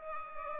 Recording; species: mosquito wingbeat signal from an infrared sensor; Culex pipiens